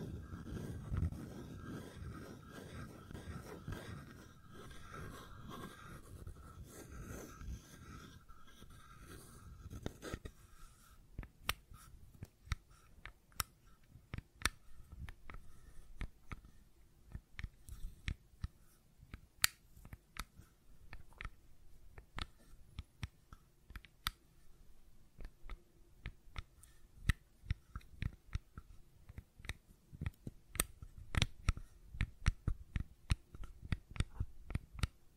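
Fidget cube tapping and clicking. For the first ten seconds a dense, low rubbing and rattling runs under faint clicks, then it drops away, leaving sharp, irregular clicks and taps scattered over a quiet background, growing busier and louder toward the end.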